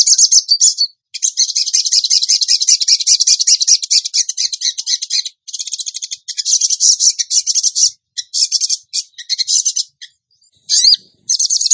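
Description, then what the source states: Bird song: long dense rattling trills, very high and harsh, broken by short pauses and a few sharp chirps near the end. Training track (masteran) of a songbird in the tembakan gacor song style.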